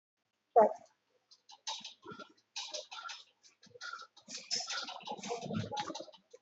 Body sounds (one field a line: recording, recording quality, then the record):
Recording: shallow breathing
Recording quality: poor, much background noise or distortion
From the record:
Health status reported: COVID-19 positive, moderate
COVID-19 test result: positive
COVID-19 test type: RT-PCR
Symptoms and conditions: diabetes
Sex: male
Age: 48 years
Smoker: yes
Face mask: not worn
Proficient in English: yes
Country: India